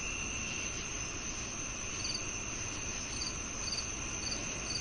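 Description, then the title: Crickets chirping, a steady high trill with short pulsed chirps above it in the second half. Nocturnal chorus on a peaceful summer night. "45 Minutes Of Dreamy Crickets, Singing Owls & Soft Nature Sounds On A Peaceful Summer Night"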